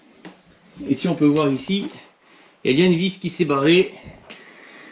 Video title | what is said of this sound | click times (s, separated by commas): la capricieuse un camping ZEN | Il faut vraiment que j'appuie fort pour que ça clipse. | 0.2 s